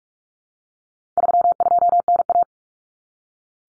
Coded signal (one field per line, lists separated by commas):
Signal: Morse code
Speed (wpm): 44 wpm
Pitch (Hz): 700 Hz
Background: none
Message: 32NA